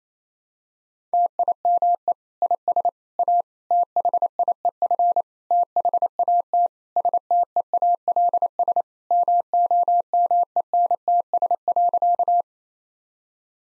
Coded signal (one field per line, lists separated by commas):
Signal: Morse code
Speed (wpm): 28 wpm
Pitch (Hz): 700 Hz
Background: none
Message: TIME IS A THIEF THAT STEALS MOMENTS.